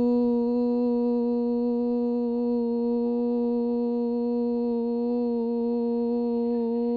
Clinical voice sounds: sustained vowel /u/; female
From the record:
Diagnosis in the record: Parkinson's disease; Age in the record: 54 years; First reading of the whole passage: 55 s, 9.4 characters per second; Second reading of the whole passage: 50 s, 10.4 characters per second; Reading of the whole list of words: 55 s, 5.1 characters per second

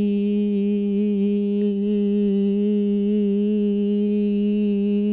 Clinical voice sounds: sustained vowel /i/; female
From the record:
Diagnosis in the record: Parkinson's disease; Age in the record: 80 years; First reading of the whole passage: 169 s, 3.1 characters per second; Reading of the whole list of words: 101 s, 2.8 characters per second

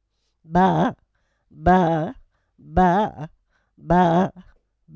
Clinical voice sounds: repeated syllable /pa/; female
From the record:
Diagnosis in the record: Parkinson's disease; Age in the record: 78 years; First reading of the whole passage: 164 s, 3.2 characters per second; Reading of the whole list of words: 108 s, 2.6 characters per second

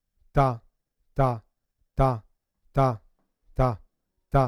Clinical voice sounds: repeated syllable /ta/; male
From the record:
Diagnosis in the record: Parkinson's disease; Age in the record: 50 years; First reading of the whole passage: 72 s, 7.2 characters per second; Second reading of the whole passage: 54 s, 9.6 characters per second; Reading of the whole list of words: 40 s, 7.1 characters per second

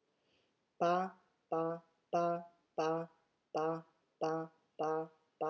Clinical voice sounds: repeated syllable /pa/; female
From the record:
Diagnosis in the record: healthy control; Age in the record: 61 years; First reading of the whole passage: 59 s, 8.5 characters per second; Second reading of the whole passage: 54 s, 7.6 characters per second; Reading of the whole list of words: 57 s, 4.9 characters per second

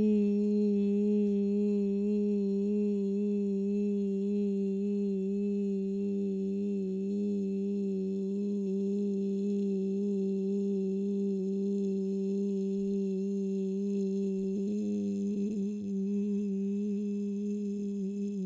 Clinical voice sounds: sustained vowel /i/; female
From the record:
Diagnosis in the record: Parkinson's disease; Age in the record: 67 years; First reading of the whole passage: 79 s, 6.5 characters per second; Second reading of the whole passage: 74 s, 7.0 characters per second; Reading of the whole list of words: 72 s, 3.9 characters per second

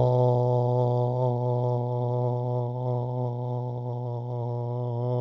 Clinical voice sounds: sustained vowel /o/; male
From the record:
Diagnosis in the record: Parkinson's disease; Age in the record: 68 years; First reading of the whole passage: 85 s, 6.1 characters per second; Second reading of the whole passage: 63 s, 8.2 characters per second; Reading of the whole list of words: 49 s, 5.8 characters per second

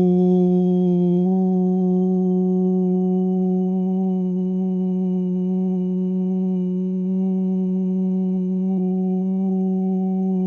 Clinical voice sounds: sustained vowel /u/; male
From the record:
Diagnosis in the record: Parkinson's disease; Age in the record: 71 years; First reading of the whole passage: 62 s, 8.3 characters per second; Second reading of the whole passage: 53 s, 9.9 characters per second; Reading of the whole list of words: 66 s, 4.2 characters per second

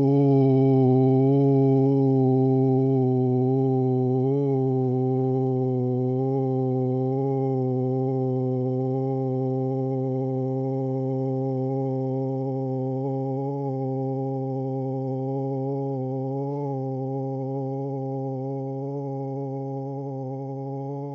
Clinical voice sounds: sustained vowel /u/; male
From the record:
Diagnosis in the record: Parkinson's disease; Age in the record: 71 years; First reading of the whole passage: 50 s, 10.4 characters per second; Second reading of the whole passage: 45 s, 11.4 characters per second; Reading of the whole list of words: 37 s, 7.6 characters per second

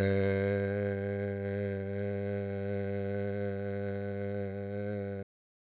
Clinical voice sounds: sustained vowel /e/; male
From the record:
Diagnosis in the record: Parkinson's disease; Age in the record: 65 years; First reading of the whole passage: 52 s, 9.9 characters per second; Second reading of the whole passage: 50 s, 10.3 characters per second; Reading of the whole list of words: 40 s, 7.0 characters per second

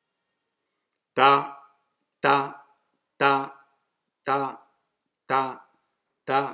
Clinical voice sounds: repeated syllable /ta/; male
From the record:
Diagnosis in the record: healthy control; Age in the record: 76 years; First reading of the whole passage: 56 s, 9.2 characters per second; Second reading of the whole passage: 53 s, 9.7 characters per second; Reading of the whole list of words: 49 s, 5.7 characters per second

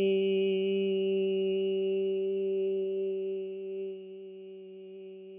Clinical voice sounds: sustained vowel /i/; female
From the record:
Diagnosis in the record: healthy control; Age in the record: 63 years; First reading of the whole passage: 70 s, 6.7 characters per second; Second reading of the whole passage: 71 s, 6.6 characters per second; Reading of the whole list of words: 45 s, 6.3 characters per second

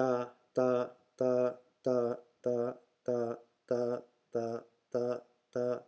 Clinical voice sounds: repeated syllable /ta/; male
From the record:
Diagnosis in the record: healthy control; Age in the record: 68 years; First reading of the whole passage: 59 s, 8.4 characters per second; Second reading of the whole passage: 56 s, 8.8 characters per second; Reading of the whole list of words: 34 s, 8.3 characters per second

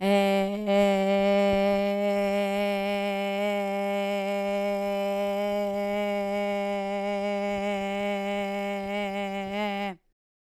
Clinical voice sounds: sustained vowel /e/; female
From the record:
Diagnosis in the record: Parkinson's disease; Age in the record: 40 years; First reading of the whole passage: 61 s, 7.8 characters per second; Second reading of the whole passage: 52 s, 9.9 characters per second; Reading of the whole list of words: 55 s, 5.1 characters per second

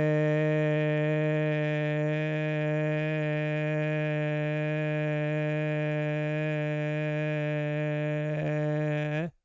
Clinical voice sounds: sustained vowel /e/; male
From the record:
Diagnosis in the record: Parkinson's disease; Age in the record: 70 years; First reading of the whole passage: 112 s, 4.6 characters per second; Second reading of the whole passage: 107 s, 4.9 characters per second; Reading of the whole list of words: 68 s, 4.1 characters per second

